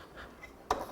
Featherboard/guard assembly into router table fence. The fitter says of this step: I'm just going to pull the featherboard and the guard down, it will snap into place.